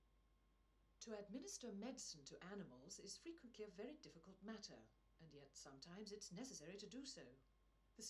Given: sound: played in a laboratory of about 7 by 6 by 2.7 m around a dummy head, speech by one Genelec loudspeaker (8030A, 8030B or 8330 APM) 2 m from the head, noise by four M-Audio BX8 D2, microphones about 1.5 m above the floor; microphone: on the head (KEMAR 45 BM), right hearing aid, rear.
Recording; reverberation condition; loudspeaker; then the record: female speech in English; low; 150 degrees to the right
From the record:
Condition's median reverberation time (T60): about 310 ms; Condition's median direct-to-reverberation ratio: about 3.5 dB